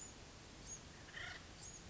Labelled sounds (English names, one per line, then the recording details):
Acorn Woodpecker
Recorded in Sonoma County, California